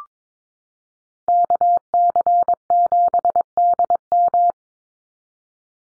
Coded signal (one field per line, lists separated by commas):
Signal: Morse code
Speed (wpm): 22 wpm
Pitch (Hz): 700 Hz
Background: none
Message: KC7DM